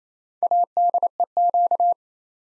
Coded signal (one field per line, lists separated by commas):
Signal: Morse code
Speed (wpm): 27 wpm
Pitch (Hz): 700 Hz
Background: none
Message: ADEQ